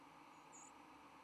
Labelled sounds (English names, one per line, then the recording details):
White-throated Sparrow flight call
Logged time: 07:48 on 10 November 2014